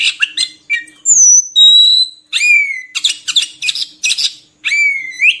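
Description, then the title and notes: Oriental magpie-robin song: loud, pure whistles, some long and level and some sweeping downward, broken by clusters of sharp, scratchy notes with brief pauses between. Long-duration filler song (isian) for training kacer to sing actively (gacor) day and night. "Kacer Jadi Gacor Siang Malam. Isian Kacer Durasi Panjang"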